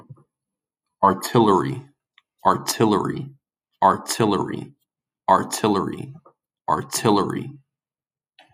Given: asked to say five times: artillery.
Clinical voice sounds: repeated word; male; 30 to 39 years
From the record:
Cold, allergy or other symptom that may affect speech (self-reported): no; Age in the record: 30 years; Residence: Maryland, United States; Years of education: 16

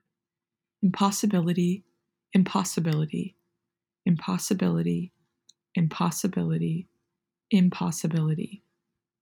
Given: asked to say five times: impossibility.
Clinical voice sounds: repeated word; female; 20 to 29 years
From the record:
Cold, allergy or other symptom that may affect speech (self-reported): no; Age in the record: 21 years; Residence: Florida, United States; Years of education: 16

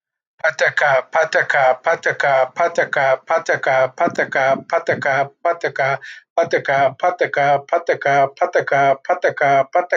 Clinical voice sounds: repeated syllables /pa ta ka/; male; 40 to 49 years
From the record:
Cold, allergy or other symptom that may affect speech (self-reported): no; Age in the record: 48 years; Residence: Texas, United States

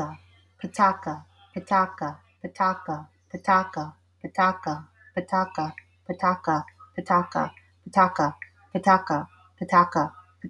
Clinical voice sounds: repeated syllables /pa ta ka/; female; 40 to 49 years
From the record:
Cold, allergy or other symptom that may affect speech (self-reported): no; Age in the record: 45 years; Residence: Virginia, United States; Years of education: 16

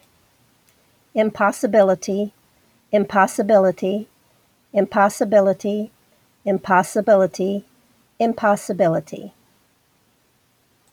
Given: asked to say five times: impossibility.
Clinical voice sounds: repeated word; female; 70 to 79 years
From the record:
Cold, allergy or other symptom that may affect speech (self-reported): no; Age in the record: 72 years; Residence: Illinois, United States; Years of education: 17

